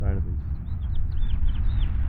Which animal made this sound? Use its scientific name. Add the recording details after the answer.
Haemorhous mexicanus. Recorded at Wantagh on Long Island, New York, on 21 May 1975. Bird D